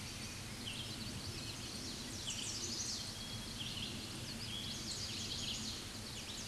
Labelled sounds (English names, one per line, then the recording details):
Chestnut-sided Warbler song
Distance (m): 35 m
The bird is about 10 m above the microphone
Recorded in a Pennsylvania forest on 16 May 2024 at 07:12
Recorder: AudioMoth, point MSD-2181
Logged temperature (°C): 12.8 °C
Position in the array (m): 130 m, 96 m